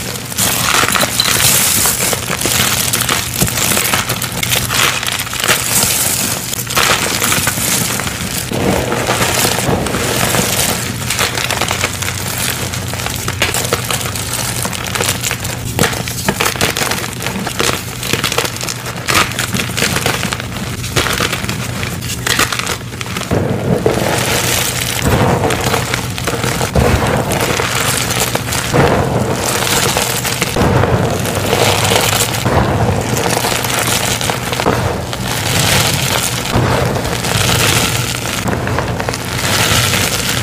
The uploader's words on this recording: Zote Overload! Gym Chalk ASMR Bombs, Dyed Chalk, Reforms. An ASMR crushing compilation of Zote soap flakes filled gym chalk bombs, dyed gym chalk, and Zote gym chalk reforms.